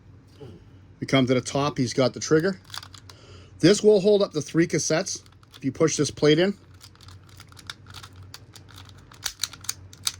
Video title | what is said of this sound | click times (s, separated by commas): Transformers Masterpiece 2015 Year of the Goat Soundwave. Video 2 of 2 | you hear it clicking | 7.7 s, 8.3 s, 9.3 s, 9.4 s, 9.7 s, 10.1 s